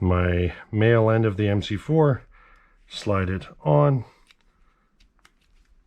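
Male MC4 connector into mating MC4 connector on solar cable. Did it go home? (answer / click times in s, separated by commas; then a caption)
yes / 5.2 s. A male MC4 solar connector half is pushed onto its mating MC4 half on a solar cable while someone talks. After the talking stops, a few faint ticks are heard, and the connector clicks and latches at 5.3 s, locking it in place.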